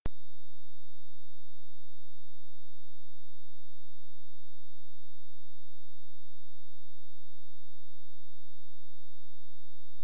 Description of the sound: Tinnitus.